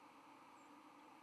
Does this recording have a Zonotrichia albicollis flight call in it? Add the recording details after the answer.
no. Another species' flight call is heard. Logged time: 06:12 on 31 October 2014